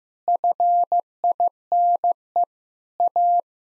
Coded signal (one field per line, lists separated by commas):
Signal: Morse code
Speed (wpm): 15 wpm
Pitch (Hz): 700 Hz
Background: none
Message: FINE A